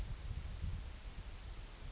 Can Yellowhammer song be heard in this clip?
no